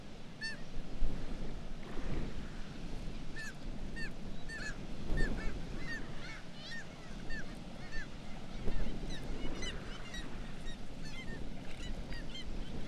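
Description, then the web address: Black-legged kittiwake chorus: repeated arched calls from numerous birds in rapid overlapping series, with a continuous low roar underneath throughout. "sound Black-legged-kittiwake. صدای-پرنده-کاکایی-پاسیاه"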